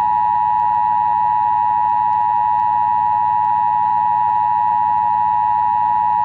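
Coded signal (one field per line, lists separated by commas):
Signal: Emergency Alert System (SAME) tones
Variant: 853 and 960 Hz attention tone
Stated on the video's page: Recorded Emergency Broadcast System tests from 1980 to 1996, the older, more manual predecessor of the Emergency Alert System.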